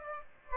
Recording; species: mosquito wingbeat signal from an infrared sensor; Aedes aegypti